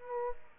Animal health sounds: mosquito wingbeat signal from an infrared sensor; Aedes aegypti

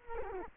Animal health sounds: mosquito wingbeat signal from an infrared sensor; Culex quinquefasciatus

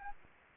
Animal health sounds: mosquito wingbeat signal from an infrared sensor; Anopheles arabiensis

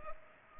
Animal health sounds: mosquito wingbeat signal from an infrared sensor; Culex pipiens

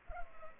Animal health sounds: mosquito wingbeat signal from an infrared sensor; Culex pipiens

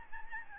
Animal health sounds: mosquito wingbeat signal from an infrared sensor; Aedes albopictus

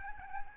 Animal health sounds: mosquito wingbeat signal from an infrared sensor; Aedes albopictus

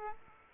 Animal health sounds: mosquito wingbeat signal from an infrared sensor; Aedes aegypti

